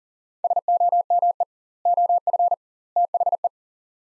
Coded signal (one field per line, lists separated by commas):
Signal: Morse code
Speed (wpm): 40 wpm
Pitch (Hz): 700 Hz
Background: none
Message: SOME OF THE